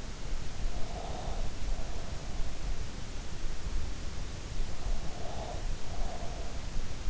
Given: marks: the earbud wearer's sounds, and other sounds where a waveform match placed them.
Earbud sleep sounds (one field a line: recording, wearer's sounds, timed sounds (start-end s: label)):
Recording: sounds in sleep by an in-ear microphone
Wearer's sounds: breath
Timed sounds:
0.68-2.43 s: breath
5.08-6.58 s: breath